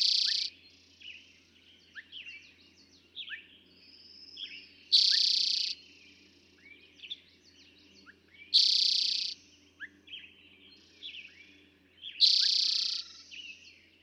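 Eastern towhee song, a loud dense buzzy trill repeated several times, with softer chirping and twittering between phrases.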